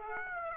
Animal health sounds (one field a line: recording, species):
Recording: mosquito wingbeat signal from an infrared sensor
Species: Aedes aegypti